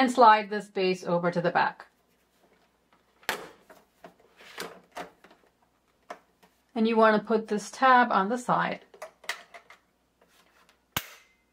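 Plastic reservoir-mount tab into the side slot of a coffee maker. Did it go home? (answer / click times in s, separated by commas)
yes / 11.0 s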